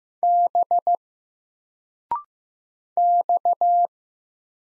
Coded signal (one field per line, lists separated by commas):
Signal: Morse code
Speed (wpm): 15 wpm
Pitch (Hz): 700 Hz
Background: none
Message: B X